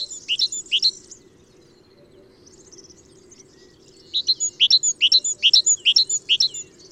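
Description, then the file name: Great tit, short burst of high paired notes, silence for about three seconds, then a longer quick run of sharp two-part notes. "Parus major"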